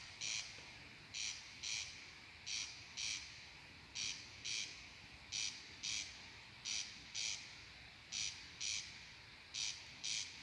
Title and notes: Chřástal polní rušil noční klid v obci na Přerovsku. V části Přerova se k překvapení ornitologů usadil silně ohrožený chřástal polní. Vybral si lokalitu na louce v místní části v Penčicích, zcela nezvykle u zastavěné části obce